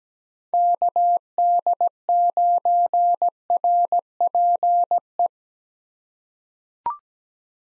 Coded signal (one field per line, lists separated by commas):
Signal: Morse code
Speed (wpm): 17 wpm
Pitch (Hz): 700 Hz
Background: none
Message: KD9RPE